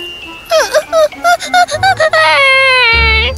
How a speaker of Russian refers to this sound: Но как только малышка … увидела, что он уходит, она вдруг заплакала.